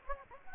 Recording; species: mosquito wingbeat signal from an infrared sensor; Anopheles gambiae